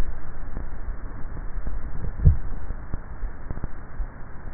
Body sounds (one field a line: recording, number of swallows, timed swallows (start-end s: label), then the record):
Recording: swallowing sounds by neck microphone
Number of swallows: 1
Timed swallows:
2.02-2.72 s: swallow
From the record:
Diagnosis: dysphagia